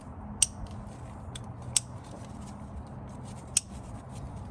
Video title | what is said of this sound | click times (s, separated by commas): Knock Sensor Replacement (Toyota 4Runner 3.4L TRD Supercharged V6 5VZ-FE) (P0325) | Hear that click. | 0.4 s, 1.8 s, 3.6 s